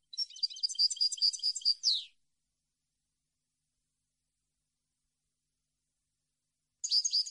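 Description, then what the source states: European goldfinch song: a two-second burst of quick, liquid twittering with a nasal buzzy ending, a long silence, then another phrase begins. Clean goldfinch song recording made for copying, meant for song training of birds.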